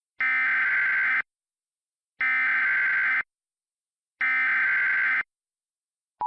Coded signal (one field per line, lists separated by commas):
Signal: Emergency Alert System (SAME) tones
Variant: header bursts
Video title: EAS (remake #3???) - New York Tornado Warning (07/21/10)